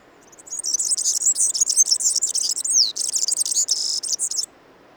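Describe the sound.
European serin song: a fast, high-pitched jingling stream of buzzy, tinkling notes lasting about four seconds, with a brief downward slur midway, over faint background hiss.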